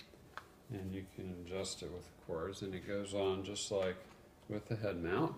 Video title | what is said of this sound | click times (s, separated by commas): GoPro Hero 5 Black: Start up Guide for Runners | once you have it on and you can snap in place like a seatbelt | 0.4 s